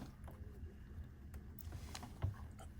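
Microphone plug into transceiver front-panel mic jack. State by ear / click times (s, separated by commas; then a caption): not seated / none. A hand microphone's connector is being handled at the lower-left mic jack on the front panel of a Yaesu FT-710 transceiver, in place of the radio's own microphone, which stays in its box because the radio is a loaner. A low rumbling background carries a few faint, brief taps and scrapes, with the sharpest near 1.9 and 2.2 seconds. Nothing has clicked or seated yet.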